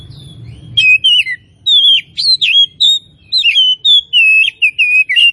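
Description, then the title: Oriental magpie-robin song: a fast sequence of sweet whistles, slurred upward and downward notes and brief buzzy elements, delivered in quick separate bursts. Tretes variety of oriental magpie-robin, described as in full, vigorous song. "Kacer Tretes Gacor"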